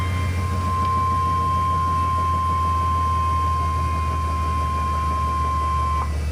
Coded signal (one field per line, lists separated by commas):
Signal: Emergency Alert System (SAME) tones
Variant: 1050 Hz attention tone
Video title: EAS Alert #215-228